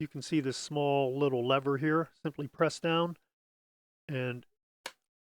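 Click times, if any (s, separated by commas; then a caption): 4.9 s. Someone talks while pressing down the small release lever on the lens strut of a Kodak/Nagel Vollenda 620, a 6x6 folding film camera, to collapse the lens. The lens standard and front door fold into the body, and the metal lens door/bed snaps shut with a short, sharp click at 4.9 s, closing fully.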